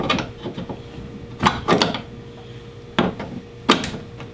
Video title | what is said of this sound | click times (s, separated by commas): 3 Useful Mods on the Rear of my 2018 Ford F-150 | And you heard the other snap. | 3.7 s